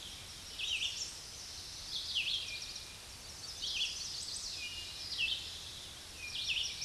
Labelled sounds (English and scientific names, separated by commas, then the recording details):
Red-eyed Vireo (Vireo olivaceus) song
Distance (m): 30 m
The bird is about 20 m above the microphone
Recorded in a Pennsylvania forest on 16 May 2024 at 06:39
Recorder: AudioMoth, point MSD-2095
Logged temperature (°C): 16.3 °C
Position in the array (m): 164 m, 72 m